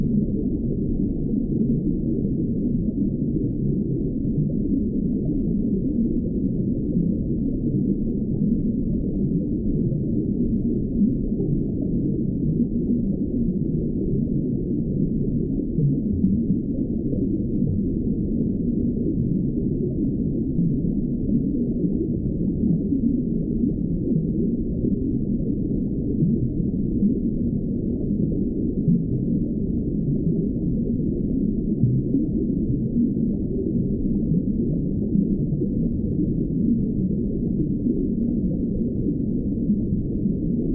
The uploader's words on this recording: Water Sounds Jellyfish Aquarium. Underwater White Noise.